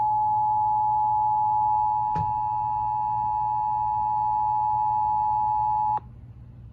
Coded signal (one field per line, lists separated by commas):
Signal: Emergency Alert System (SAME) tones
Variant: 853 and 960 Hz attention tone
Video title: Rare amber alert for New Jersey on NJTV. (EAS# 791)